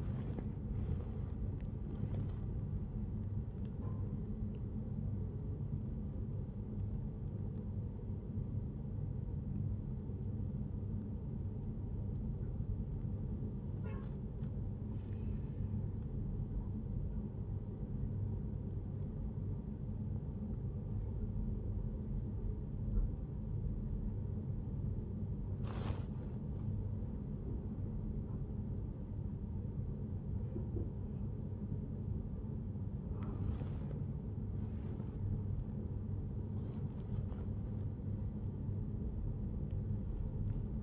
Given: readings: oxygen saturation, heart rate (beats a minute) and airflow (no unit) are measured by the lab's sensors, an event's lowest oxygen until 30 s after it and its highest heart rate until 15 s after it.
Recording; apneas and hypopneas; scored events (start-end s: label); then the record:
a person awake in a sleep study, by a smartphone at the bedside; 1
0.00-40.83 s: awake
13.00-31.40 s: hypopnea (scored as awake, oxygen 98% highest, then 95% lowest, heart rate 78 at the start, 84 highest)
From the record:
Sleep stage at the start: awake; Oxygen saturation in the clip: 90 to 98%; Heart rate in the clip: 76 to 88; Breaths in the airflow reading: 8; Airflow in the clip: -8.7 to 11.6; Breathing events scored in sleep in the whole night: 131 in 7.2 hours asleep